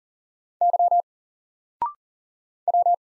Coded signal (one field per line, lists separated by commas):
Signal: Morse code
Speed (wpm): 41 wpm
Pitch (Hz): 700 Hz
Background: none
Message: Y W